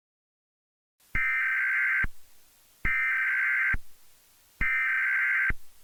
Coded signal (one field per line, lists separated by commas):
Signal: Emergency Alert System (SAME) tones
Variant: header bursts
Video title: EAS Scenario #3: When The Palm Trees Shake